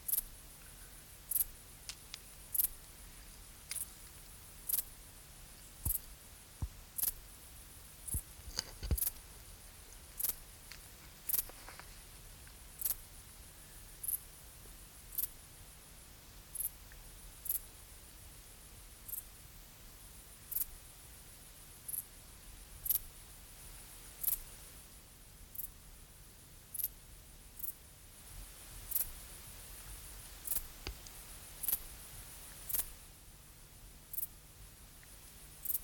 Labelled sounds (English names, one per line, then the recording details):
Dark Bush-cricket stridulation
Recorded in the wild
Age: imago
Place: Treuchtlingen, Heumöderntal, Bayern, DE
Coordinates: 48.96, 10.91
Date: 1993-08-30 19:32
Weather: bedeckt (auch Regen) 13°C
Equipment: Marantz CP 430, Sennheiser MKH 416 T, Kopie Uher Variocord 263
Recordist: Tembrock, Günter